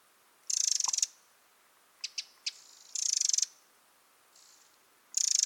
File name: Troglodytes troglodytes